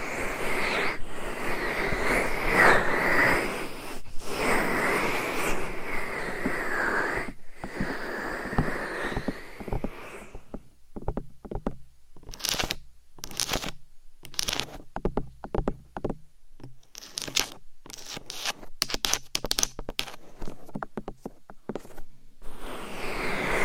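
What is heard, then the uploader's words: Mic scratching and rubbing fill the first ten seconds as a dense, steady rasp with sweeping brighter tones. After that the sound breaks into irregular bursts of scratching and tapping separated by short silences, quickening toward the end before a final stretch of rubbing. ASMR Binaural 3Dio Mic Scratching , Massage & Tapping Hypnotic Asmr No Talking.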